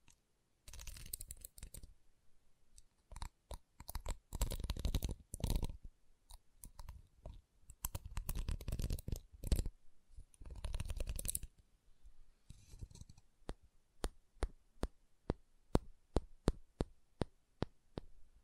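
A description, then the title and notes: Wooden tapping and scraping sounds, made as triggers, come in uneven bursts through the first half, some dense and crunchy, others single sharp knocks. After about twelve seconds they settle into a regular series of crisp, quick clicks at a steady pace until the end. ASMR Calming Wood Triggers for Sleep (No Talking).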